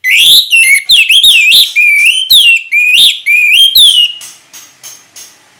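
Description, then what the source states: Orange-headed thrush song, a continuous run of loud, sweet whistled phrases, rising and falling, mixed with sharp chips, fading into softer clicking notes near the end. Indonesian name anis merah; bird singing actively (gacor) in the ngeplong song style.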